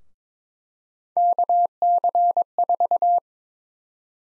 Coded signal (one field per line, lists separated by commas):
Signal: Morse code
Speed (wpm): 22 wpm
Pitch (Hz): 700 Hz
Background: none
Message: KC4